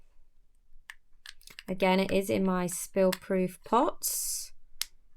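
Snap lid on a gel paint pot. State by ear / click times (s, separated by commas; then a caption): seated / 4.8 s. Someone talks while the lid of a small plastic spill-proof gel paint pot is pressed closed, giving one sharp snap at 4.8 s as it clicks shut into place.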